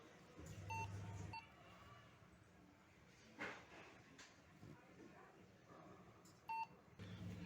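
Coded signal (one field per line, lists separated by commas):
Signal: beep code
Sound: three short high beeps, at roughly 0.7, 1.4 and 6.5 seconds, over room noise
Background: room noise, faint voice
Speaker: you should listen the voice that the PC is making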